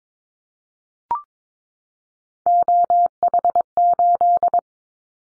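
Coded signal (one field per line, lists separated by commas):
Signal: Morse code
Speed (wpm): 22 wpm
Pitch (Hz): 700 Hz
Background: none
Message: OH8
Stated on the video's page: Morse practice drill of common callsign prefixes for top 50 DXCC entities at 22 wpm, each sent twice for head-copy training.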